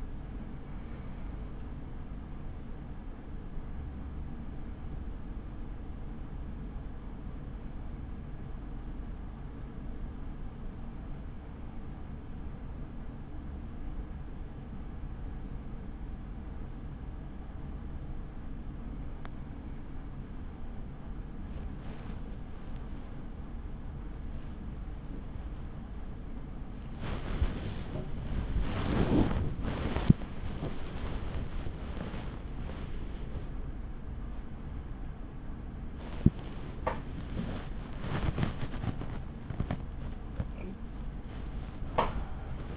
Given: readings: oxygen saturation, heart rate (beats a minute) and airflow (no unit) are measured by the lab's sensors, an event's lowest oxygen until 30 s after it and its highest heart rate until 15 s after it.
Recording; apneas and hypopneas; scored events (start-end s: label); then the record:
breathing in sleep by a smartphone at the bedside; 1
6.00-30.80 s: hypopnea (N2, oxygen 95% highest, then 94% lowest)
From the record:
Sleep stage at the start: N2 (light sleep); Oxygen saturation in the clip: 94 to 96%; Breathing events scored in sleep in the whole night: 83 in 6.1 hours asleep